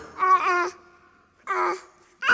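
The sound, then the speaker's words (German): A baby babbles in three short bursts of high, wavering vocal sounds separated by brief pauses, as part of a song, the last one cut off abruptly. “Und jedes Mal, wenn ich dem Kind die Binden bin, dann macht es.”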